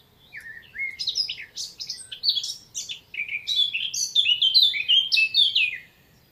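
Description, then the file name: Eurasian blackcap singing a rambling, hurried warble of tumbling high notes lasting about five seconds before falling silent. "Sylvia atricapilla"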